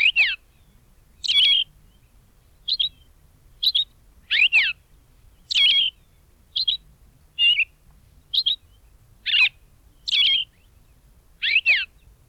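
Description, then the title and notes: Austral thrush song: short, clear whistled phrases with fluty downslurs, delivered one by one with pauses of about half a second to a second, in otherwise quiet surroundings. Bahía Blanca area; song described as melodious and spaced. "Museo de Ciencias de Bahía Blanca. Zorzal Patagónico (Turdus falcklandii)"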